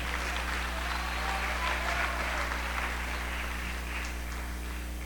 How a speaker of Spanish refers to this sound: Denle un aplauso a Cristo.